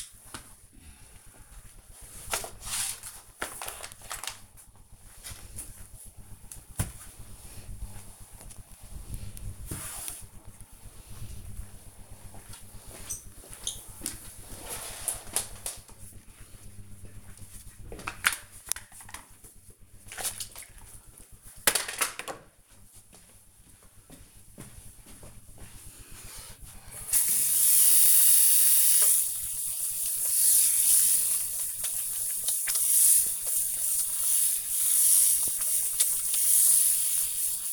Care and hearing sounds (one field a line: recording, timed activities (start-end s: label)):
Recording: household activities, microphone on the right wrist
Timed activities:
0.00-16.61 s: floor cleaning
26.68-37.73 s: washing hands